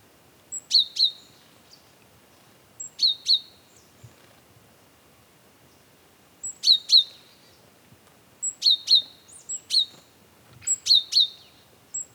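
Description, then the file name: Great tit calls: sharp, high double notes in pairs, repeated at irregular intervals, with a few fainter notes between. "Parus major"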